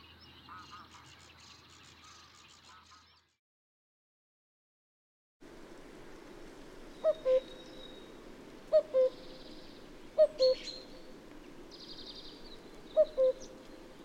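Cuckoo giving its falling two-note 'cu-coo' four times after a brief silent gap, with scattered high songbird chirps in the background.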